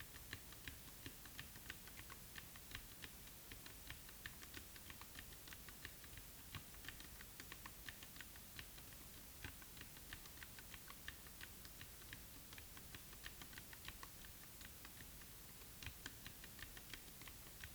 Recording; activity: daily activity, guitar pickup as the sensor; type